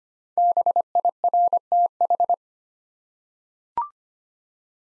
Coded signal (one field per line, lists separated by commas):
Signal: Morse code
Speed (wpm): 25 wpm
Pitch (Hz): 700 Hz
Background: none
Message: BIRTH